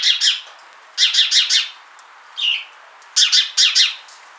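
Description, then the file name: House sparrow chirping: harsh chirps, mostly in quick bursts of two to four, with short pauses between bursts. "Passer domesticus"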